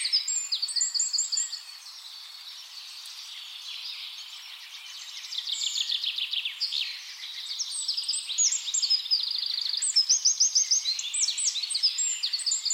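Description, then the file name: Eurasian wren song in repeated bursts of shrill, fast notes and dry trills, broken by short quieter pauses, high-pitched and energetic throughout. "Troglodytes troglodytes"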